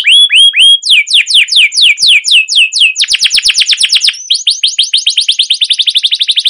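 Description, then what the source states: Canary song opening with three clear rising whistles, then a series of swooping downslurred notes and a rapid, tight rolling trill. Trilling song style called ngerol, with cuit cuit notes; a long gacor master recording used as a lure to stimulate and train other canaries.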